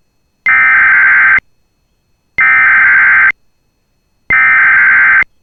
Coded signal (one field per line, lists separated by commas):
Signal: Emergency Alert System (SAME) tones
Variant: header bursts